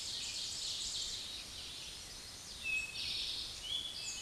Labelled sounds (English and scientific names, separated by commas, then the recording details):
Eastern Towhee (Pipilo erythrophthalmus) song
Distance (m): 35 m
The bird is about 5 m below the microphone
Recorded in a Pennsylvania forest on 16 May 2024 at 06:33
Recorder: AudioMoth, point MSD-2391
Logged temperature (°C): 15.0 °C
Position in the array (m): 93 m, 14 m